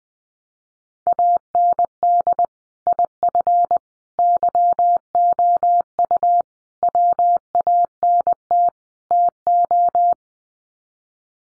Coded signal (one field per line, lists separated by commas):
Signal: Morse code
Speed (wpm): 20 wpm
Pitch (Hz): 700 Hz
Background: none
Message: AND IF YOU WANT TO